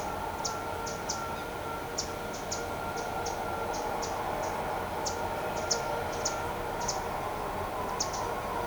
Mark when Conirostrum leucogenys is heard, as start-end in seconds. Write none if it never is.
0.00-8.66